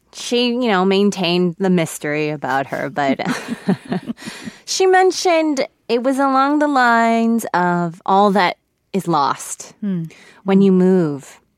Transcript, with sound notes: She, you know, maintained the mystery about her. But...
(LAUGHTER)
She mentioned it was along the lines of all that is lost when you move